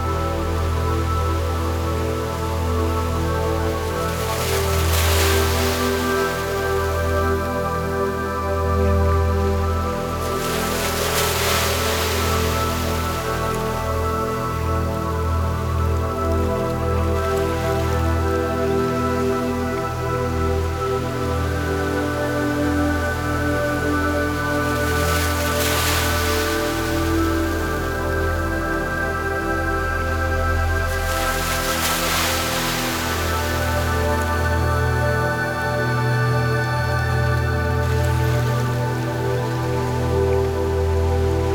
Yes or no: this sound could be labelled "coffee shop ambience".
no